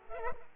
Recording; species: mosquito wingbeat signal from an infrared sensor; Culex pipiens